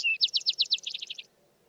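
Vesper sparrow song: a short clear whistle, then a series of evenly spaced notes speeding into a high rapid trill.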